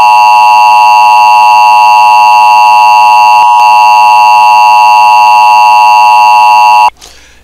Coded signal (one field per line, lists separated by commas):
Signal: Emergency Alert System (SAME) tones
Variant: 853 and 960 Hz attention tone